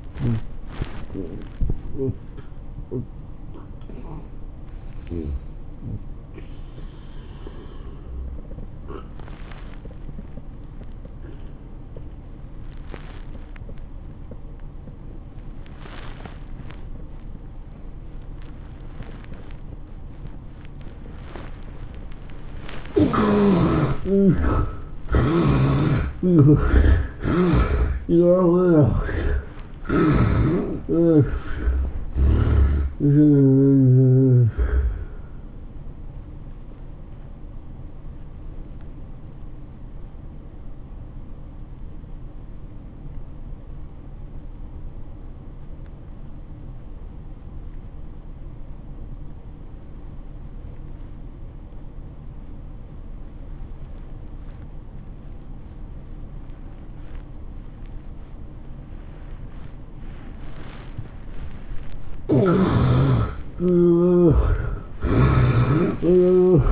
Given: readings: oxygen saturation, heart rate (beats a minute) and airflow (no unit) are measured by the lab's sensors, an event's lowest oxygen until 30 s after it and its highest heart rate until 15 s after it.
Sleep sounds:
breathing in sleep by a smartphone at the bedside; 2
3.00-22.30 s: hypopnea (N1, oxygen 97% highest, then 77% lowest, heart rate 115 at the start, 115 highest)
43.00-62.30 s: obstructive apnea (N1, oxygen 97% highest, then 69% lowest, heart rate 97 at the start, 112 highest)
49.00-66.72 s: new sleep stage, N2 (light sleep)
From the record:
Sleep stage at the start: N1 (lightest sleep); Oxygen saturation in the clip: 76 to 97%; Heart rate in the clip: 83 to 115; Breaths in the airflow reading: 10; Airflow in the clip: -13.8 to 12.4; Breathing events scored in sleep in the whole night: 403 in 5.5 hours asleep

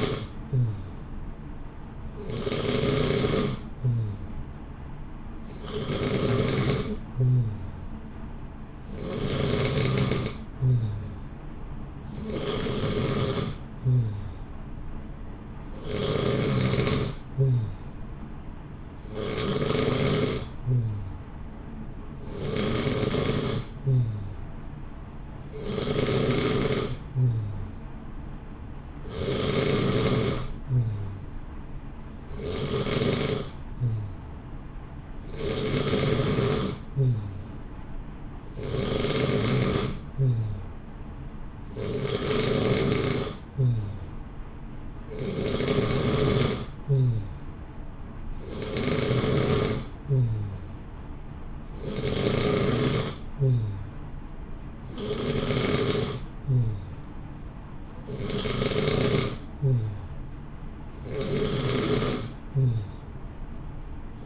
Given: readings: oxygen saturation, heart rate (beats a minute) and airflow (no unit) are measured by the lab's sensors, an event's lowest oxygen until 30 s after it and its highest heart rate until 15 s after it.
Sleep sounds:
breathing in sleep by a smartphone at the bedside; none
2.00-32.00 s: new sleep stage, N3 (deep sleep)
32.00-64.26 s: new sleep stage, N2 (light sleep)
From the record:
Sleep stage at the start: N2 (light sleep); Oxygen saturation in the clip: 89 to 91%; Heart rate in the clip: 59 to 64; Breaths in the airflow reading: 24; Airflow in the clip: -0.8 to 0.9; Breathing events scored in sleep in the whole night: 328 in 6.3 hours asleep

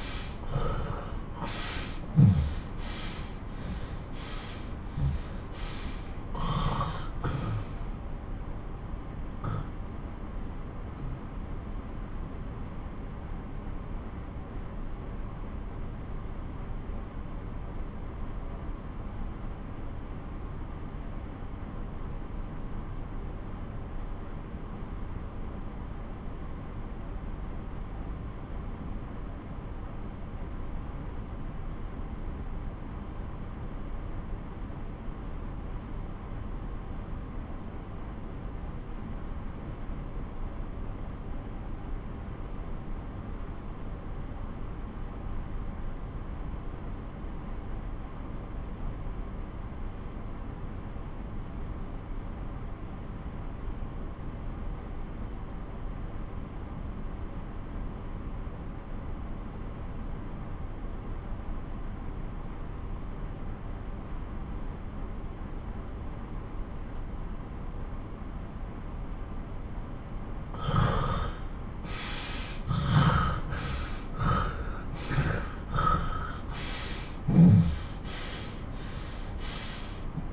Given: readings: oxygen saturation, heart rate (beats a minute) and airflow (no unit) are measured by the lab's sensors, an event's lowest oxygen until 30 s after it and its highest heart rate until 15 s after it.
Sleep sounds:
breathing in sleep by a smartphone at the bedside; 1
11.00-41.00 s: new sleep stage, N2 (light sleep)
13.00-67.80 s: obstructive apnea (N2, oxygen 94% highest, then 87% lowest)
41.00-80.33 s: new sleep stage, REM sleep
From the record:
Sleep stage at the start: N1 (lightest sleep); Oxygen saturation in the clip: 82 to 94%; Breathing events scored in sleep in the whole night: 217 in 6.3 hours asleep

